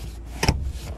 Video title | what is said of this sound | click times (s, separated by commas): 2024 Dodge Hornet RT Plus Blacktop Walkaround (Features, Interior, Exterior) | and it snaps back into place very easily | 0.4 s, 0.5 s